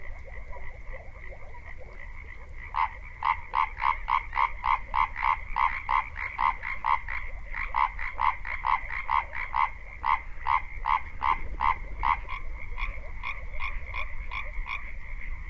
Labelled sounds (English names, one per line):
Common Tree Frog call